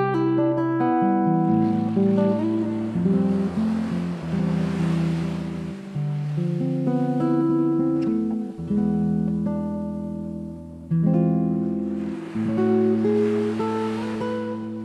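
Relaxed classical guitar picks slow, ringing low notes and chords while soft wave hiss swells, most strongly early on and again near the end.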